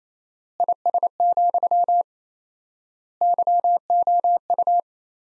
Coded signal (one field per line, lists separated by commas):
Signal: Morse code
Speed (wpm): 28 wpm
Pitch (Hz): 700 Hz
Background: none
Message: IS, YOU